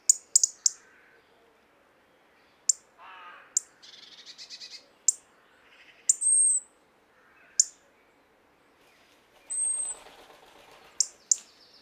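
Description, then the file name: European robin calls: sharp ticks, thin piercing whistles and a few brief buzzy rattles, spaced irregularly over a quiet background. "Erithacus rubecula"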